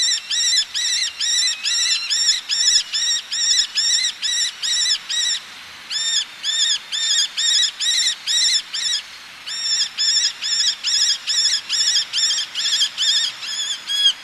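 Eleonora's falcon calling a long, steady series of grating, harmonic kek notes, roughly two to three per second, with two brief gaps in the run.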